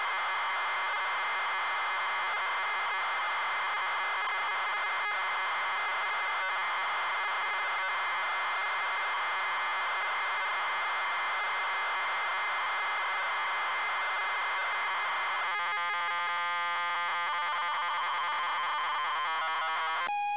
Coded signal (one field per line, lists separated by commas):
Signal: ZX Spectrum tape loading